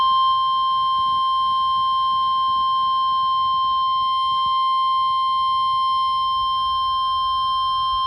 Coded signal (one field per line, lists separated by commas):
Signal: Emergency Alert System (SAME) tones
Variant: 1050 Hz attention tone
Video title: (EAS "#452") (wireless) Required Weekly Test from WNG538 (Linville, NC) - 10/30/2024